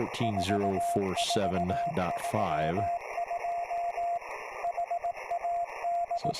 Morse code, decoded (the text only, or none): 4432 HAD